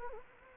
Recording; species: mosquito wingbeat signal from an infrared sensor; Anopheles gambiae